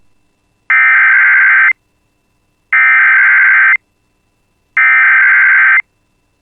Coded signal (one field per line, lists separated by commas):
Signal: Emergency Alert System (SAME) tones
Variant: header bursts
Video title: [EAS] Tornado Watch 415 for Polk County MN (6/29/26)